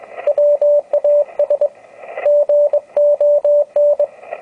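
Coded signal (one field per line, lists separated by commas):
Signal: Morse code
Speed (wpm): 23 wpm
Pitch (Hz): 590 Hz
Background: radio noise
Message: WAS GON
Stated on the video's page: 250 mW QRP CW from a two-transistor crystal-controlled transmitter keyed on its power input, received on an ICOM 703.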